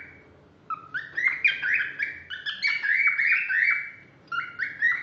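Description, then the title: Laughingthrush singing a rapid, jumbled series of bright, slurred notes that climb and dip, pausing briefly before starting another loud phrase. Sumatran bird with a loud voice, described as a national champion. "Poksay Jambul Sumatra Suara Keras Juara Nasional"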